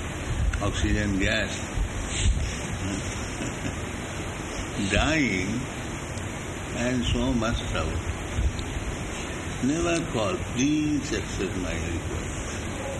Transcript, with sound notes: Oxygen gas... [laughs] Dying, and so much trouble. Never call. Please accept my request.